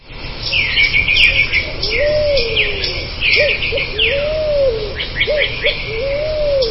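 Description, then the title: Dove giving low rounded coos, long swelling coos alternating with pairs of brief notes, three long coos in all, amid busy higher chirps of other birds. "Canto Da Pomba"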